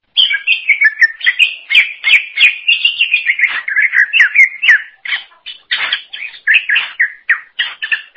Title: Cucak ijo